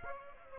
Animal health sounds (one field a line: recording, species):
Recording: mosquito wingbeat signal from an infrared sensor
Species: Aedes aegypti